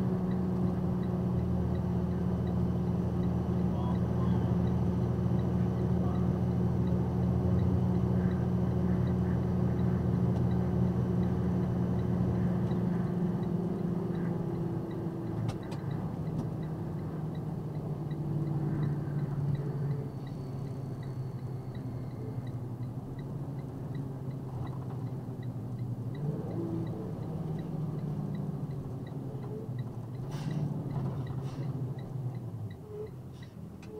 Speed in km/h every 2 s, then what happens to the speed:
98, 97, 97, 98, 98, 97, 95, 89, 82, 77, 71, 64, 58, 52, 44, 27, 15.
0-12 steady at about 97. 12-34 brakes to 15.